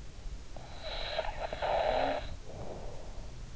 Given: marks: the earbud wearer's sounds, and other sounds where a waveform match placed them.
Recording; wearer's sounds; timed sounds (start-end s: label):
sounds in sleep by an in-ear microphone; snoring breath
0.53-3.28 s: snoring breath